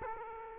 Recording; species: mosquito wingbeat signal from an infrared sensor; Culex quinquefasciatus